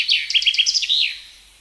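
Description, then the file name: Common chaffinch song fragment, a short run of quick repeated chirps closing with a slurred flourish. "Fringilla coelebs"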